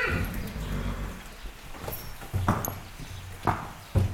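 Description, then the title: Horses in a stable, low rumbling sounds with a few sharp knocks in the second half. Several horses in a stable, Céreste, Alpes-de-Haute-Provence, May 2000. "Animus. Chevaux à l'écurie - Céreste, Alpes-de-Haute-Provence - mai 2000"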